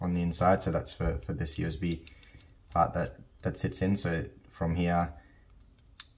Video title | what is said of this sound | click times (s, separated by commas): Microsoft Wireless Mouse Teardown | the rest there's a little click, and then there's just spring tension | 6.0 s